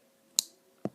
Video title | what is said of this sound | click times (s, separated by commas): HOW TO REMOVE AND REPLACE A FITBIT BAND | it clicks into place very easily | 0.4 s